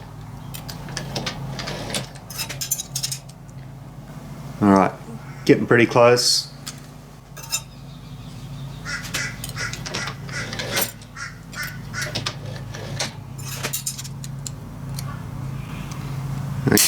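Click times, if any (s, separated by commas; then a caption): none. A hand-fabricated brass end cover for an art deco wall light is handled and worked toward the body of the light fitting, with scattered sharp metallic clinks and taps. Someone talks partway through. Nothing has seated or clicked into place yet by the end.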